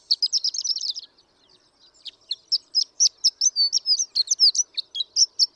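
Horned lark song opening with a fast high trill, a short gap, then a series of sharp tinkling notes and slurred whistles.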